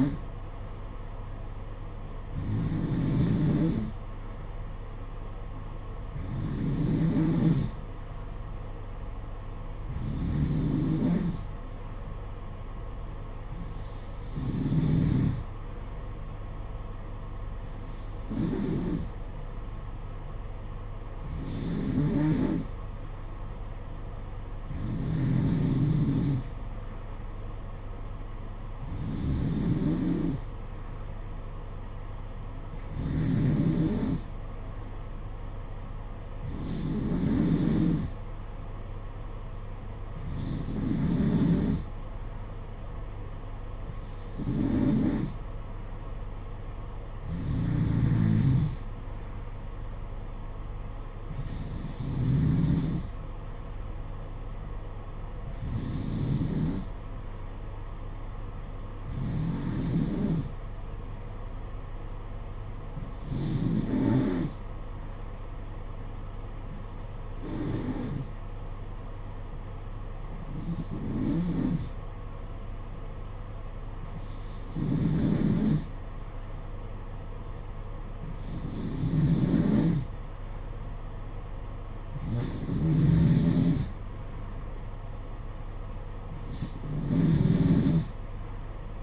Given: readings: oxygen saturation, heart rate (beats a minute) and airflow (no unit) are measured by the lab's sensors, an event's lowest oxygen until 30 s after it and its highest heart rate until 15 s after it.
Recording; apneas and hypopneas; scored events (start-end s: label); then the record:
breathing in sleep by a smartphone at the bedside; none
none scored
From the record:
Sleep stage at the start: N2 (light sleep); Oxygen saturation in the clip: 91 to 92%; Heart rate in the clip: 55 to 61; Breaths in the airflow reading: 23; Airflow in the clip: -7.9 to 4.9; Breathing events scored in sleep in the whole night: 476 in 9.7 hours asleep